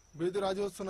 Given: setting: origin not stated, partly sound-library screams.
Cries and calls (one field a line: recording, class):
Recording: one-second piece from a danger detection set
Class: normal situation